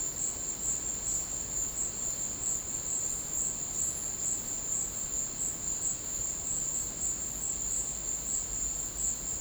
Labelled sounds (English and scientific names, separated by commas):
none